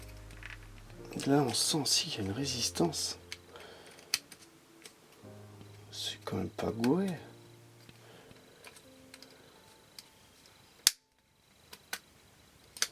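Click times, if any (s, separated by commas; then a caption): 10.9 s. Someone talks while pushing a plastic part of a 1/8 scale Ford GT40 model car into the model body against some resistance. A sharp, loud click is heard at 10.9 s as the part clips into place.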